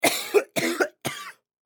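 A man coughs three times in quick succession, each burst short and harsh.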